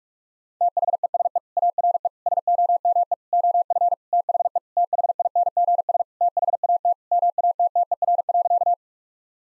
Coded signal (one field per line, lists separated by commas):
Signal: Morse code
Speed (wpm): 46 wpm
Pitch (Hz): 700 Hz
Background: none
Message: THESE ARE SOME OF THE THINGS THAT MATTER.